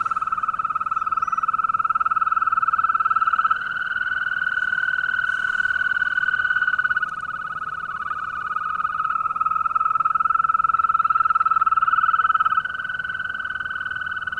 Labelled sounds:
Green Toad (Bufo viridis)
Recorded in the wild
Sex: male
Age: adult
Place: Falkenberger Rieselfelder, Barnim, Berlin, DE
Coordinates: 52.5814, 13.5508
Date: 1995-05-01 21:55
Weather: Lufttemperatur 4°C
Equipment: Sony TCD-D3, Sennheiser ME 80, K 30 AV (III), Windschutz
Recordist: Frommolt, Karl-Heinz

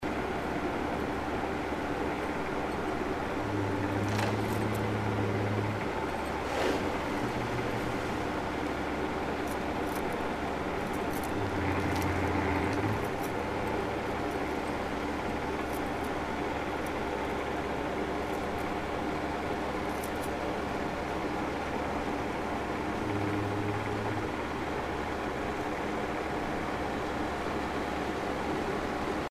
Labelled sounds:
Atlantic Cod (Gadus morhua)
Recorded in the wild
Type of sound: under water sound
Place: Austnesfjorden, Lofoten, Nordland, NO
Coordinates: 68.309, 14.722
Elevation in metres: 0
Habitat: sea
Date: 2015-03-11
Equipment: Edirol R44, Sensor Technology SQ26
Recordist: Frommolt, Karl-Heinz
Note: Geräusche vom Kabeljau beim Ablaichen aufgezeichnet in 50 m Tiefe. Die Fische kamen zum Ablaichen in Massen in den Fjord (wurden dort auch geangelt)

